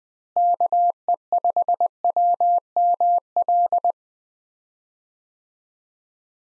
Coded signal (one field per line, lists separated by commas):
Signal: Morse code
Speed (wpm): 20 wpm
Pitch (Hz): 700 Hz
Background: none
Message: KE5WML